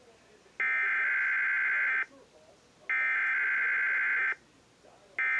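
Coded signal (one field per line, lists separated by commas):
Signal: Emergency Alert System (SAME) tones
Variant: header bursts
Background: speech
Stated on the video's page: NOAA Weather Radio weekly test relayed through EASyCAST and Sage equipment.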